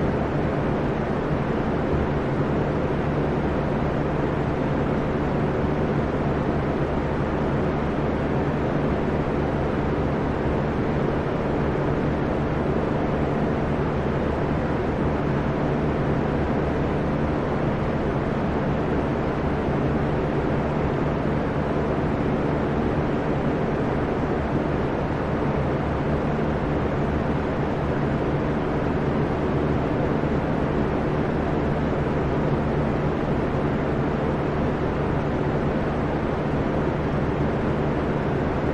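Steady white noise weighted toward a deep, rumbling low end, with faint droning hum tones woven through it. The level and density never change across the whole stretch, with no distinct events, and the high end stays soft and muffled.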